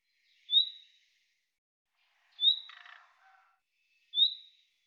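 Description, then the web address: Bird calling with three sharp high whistled notes, the middle one trailing into a rough buzzy rasp, just under two seconds apart. "Deverinetal 2025"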